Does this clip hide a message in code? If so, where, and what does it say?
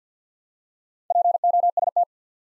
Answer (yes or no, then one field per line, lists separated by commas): yes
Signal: Morse code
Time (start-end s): 1.1-2.0 s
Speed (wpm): 50 wpm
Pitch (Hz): 700 Hz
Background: none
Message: POST